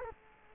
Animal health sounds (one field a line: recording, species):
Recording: mosquito wingbeat signal from an infrared sensor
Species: Culex quinquefasciatus